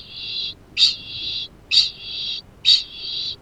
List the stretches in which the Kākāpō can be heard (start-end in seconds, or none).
0.00-3.42